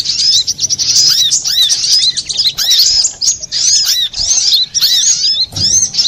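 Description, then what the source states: Little spiderhunter song of quick, thin chirps and slurs packed tightly into short energetic phrases, nearly continuous. Master recording for training cage birds; Indonesian name sogok ontong, labelled Labaik.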